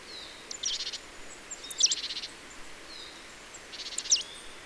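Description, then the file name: Marsh tit calling: sharp high notes with short buzzy runs, given three times over steady background hiss. "Poecile palustris"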